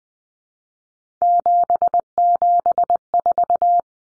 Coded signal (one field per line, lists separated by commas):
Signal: Morse code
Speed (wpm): 20 wpm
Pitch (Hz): 700 Hz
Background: none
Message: 774